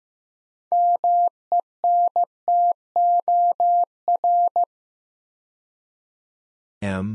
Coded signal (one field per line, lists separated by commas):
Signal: Morse code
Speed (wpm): 15 wpm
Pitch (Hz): 700 Hz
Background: none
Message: MENTOR